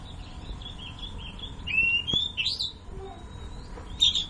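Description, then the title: Oriental magpie-robin song: clear whistled phrases, a bright rising slur then higher sweet notes, with a faint steady hum beneath. "Kicau Kacer"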